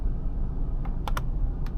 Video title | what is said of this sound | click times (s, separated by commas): Take ii Ep08_Great White Ramen Toy Makina Lab Portia 1st Look (*not M.A.S.K Gloria Stiletto vintage) | let's see satisfying click as it goes in and then once it goes in it | 1.1 s, 1.2 s